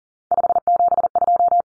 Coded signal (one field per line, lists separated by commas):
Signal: Morse code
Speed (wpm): 40 wpm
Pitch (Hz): 700 Hz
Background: none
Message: 572